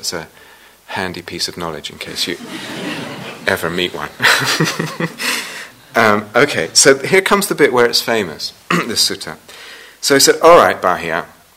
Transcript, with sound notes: So that's a handy piece of knowledge in case you ever meet one. [laughter] Okay. So here comes the bit where it's famous, this sutta. So he said: All right, Bāhiya.